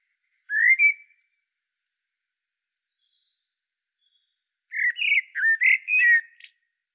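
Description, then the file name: Common blackbird: a brief rising fluted note, a long pause, then a richer warbled phrase of several whistled notes with scratchy high chatter at the end. "Turdus merula"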